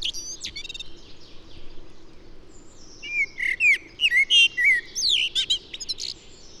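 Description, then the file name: Common blackbird song: a few faint high squeaks, a quiet gap, then a warbling whistled phrase with looping notes and a strained twittery finish. "Turdus merula"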